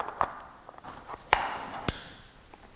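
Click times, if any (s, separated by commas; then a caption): 1.3 s. An interchangeable eyepiece, lined up with the orange mark on the body of a Phenom UHD spotting scope, is inserted and twisted into its bayonet mount. A few light taps and handling noises lead up to a sharp lock click at 1.3 s, with another tap following at 1.9 s. The eyepiece is seated and locked in the mount.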